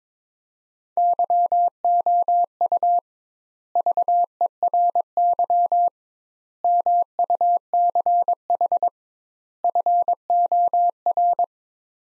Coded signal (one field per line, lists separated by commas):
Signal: Morse code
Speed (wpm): 22 wpm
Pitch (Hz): 700 Hz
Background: none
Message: YOU VERY MUCH FOR